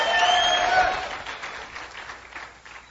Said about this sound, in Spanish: Aplauda el nombre del Señor. Vamos, apláudalo.